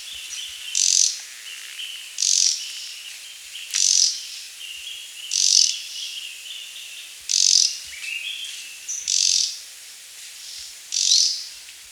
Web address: red throated flycatcher call